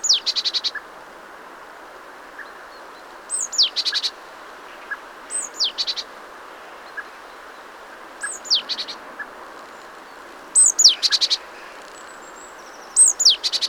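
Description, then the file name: Great tit call series, a piercing falling note trailed by a dry rattling burst, repeated at irregular intervals of roughly two to three seconds over quiet hiss. "Parus major"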